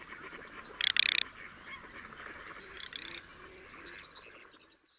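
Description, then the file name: Garganey making a loud, dry, clicking rattle, then a quieter second rattle, while small birds chirp faintly behind. "cyranka"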